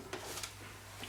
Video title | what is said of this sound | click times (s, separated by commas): HOT TOYS - SPIDERMAN - MMS 426 - SPIDERMAN HOMECOMING - REVIEW FRANCAISE | tac. Une fois que ça se clipse, ça se monte tout seul. | 0.4 s